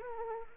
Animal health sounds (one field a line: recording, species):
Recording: mosquito wingbeat signal from an infrared sensor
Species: Anopheles arabiensis